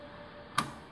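A pre-wired connector plug is pushed onto the top left of the control board in a Nice D-PRO Automatic 230V gate control cabinet until its latch clips. A single sharp, bright click sounds at 0.6 s over a quiet background hum, and the plug is seated.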